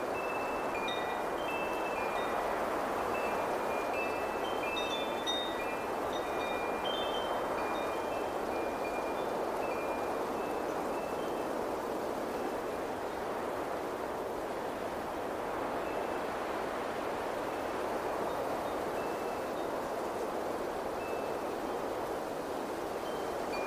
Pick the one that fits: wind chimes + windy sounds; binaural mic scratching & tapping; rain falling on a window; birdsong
wind chimes + windy sounds